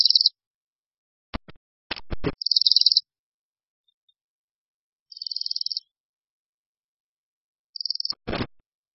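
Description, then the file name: Bohemian waxwing calls: high buzzy trilled notes in short bursts, mixed with several sharp clicks or knocks. "Brkoslav severní"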